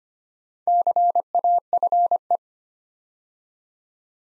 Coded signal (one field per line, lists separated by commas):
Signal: Morse code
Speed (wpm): 25 wpm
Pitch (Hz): 700 Hz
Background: none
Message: CAFE